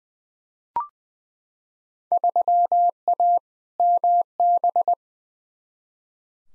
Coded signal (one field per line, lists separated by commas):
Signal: Morse code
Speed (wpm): 20 wpm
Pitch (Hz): 700 Hz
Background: none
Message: 3A MB